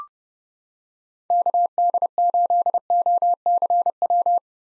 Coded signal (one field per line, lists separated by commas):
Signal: Morse code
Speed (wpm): 30 wpm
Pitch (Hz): 700 Hz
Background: none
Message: KD8OCW